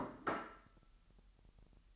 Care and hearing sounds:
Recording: daily activity, microphone in the room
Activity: place plate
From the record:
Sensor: 3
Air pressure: 1002.0 hPa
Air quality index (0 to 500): 247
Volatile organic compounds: 51 ppm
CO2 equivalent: 3311 ppm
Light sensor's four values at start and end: 12/37/16/13 and 12/37/16/13

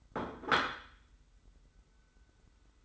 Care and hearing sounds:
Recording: daily activity, microphone in the room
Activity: place plate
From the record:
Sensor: 3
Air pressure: 990.8 hPa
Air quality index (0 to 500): 146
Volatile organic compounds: 390 ppm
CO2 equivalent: 4654 ppm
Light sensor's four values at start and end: 40/95/38/36 and 40/95/38/36

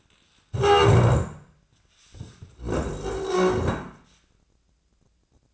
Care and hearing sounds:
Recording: daily activity, microphone in the room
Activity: stand up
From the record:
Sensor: 2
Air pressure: 1012.1 hPa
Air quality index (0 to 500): 158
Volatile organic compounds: 2 ppm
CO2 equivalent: 1162 ppm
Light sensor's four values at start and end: 46/114/49/56 and 39/105/44/51

